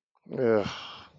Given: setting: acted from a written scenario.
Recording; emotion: vocal sound without words; shame